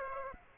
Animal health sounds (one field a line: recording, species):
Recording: mosquito wingbeat signal from an infrared sensor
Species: Aedes aegypti